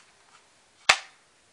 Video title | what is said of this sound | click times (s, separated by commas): NSR Tactical - Smith and Wesson Shield holster | hear that click it's | 0.9 s